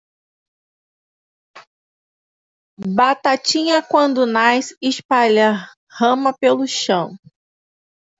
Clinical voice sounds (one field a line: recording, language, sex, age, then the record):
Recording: short text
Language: Brazilian Portuguese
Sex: female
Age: 30 to 39 years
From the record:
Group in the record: control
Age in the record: 33 years